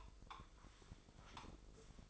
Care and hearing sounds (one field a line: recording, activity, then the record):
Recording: daily activity, microphone in the room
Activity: take from stove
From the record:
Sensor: 5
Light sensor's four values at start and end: 35/83/34/35 and 34/80/33/34